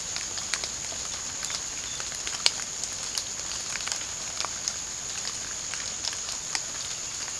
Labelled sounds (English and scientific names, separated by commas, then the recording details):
none
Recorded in pastures near Puerto Asís, Putumayo, Colombia, on 27 June 2025 at 05:30
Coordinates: 0.497, -76.327
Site G040